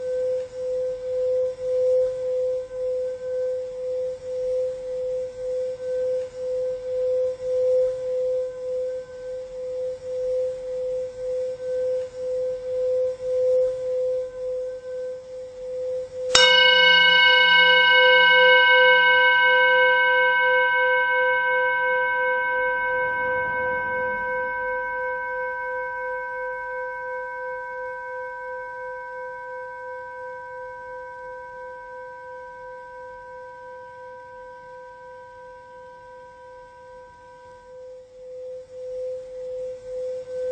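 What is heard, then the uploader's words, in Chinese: A meditation singing bowl hums steadily with a pulsing tone, then is struck sharply around sixteen seconds, its bright ring slowly fading over twenty seconds. 1小时冥想颂砵声丨频率。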